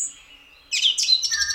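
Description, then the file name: Song thrush song: a faint thin whistle fades out, then a burst of loud, scratchy, high twittering phrases. "Flux FM Hör Mal Wer Da Zwitschert. Singdrossel"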